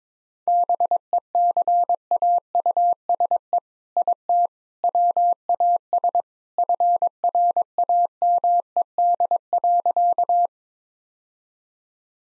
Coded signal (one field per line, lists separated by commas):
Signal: Morse code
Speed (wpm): 21 wpm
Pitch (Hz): 700 Hz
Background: none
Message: BECAUSE IT WAS FRAMED.